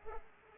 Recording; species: mosquito wingbeat signal from an infrared sensor; Culex pipiens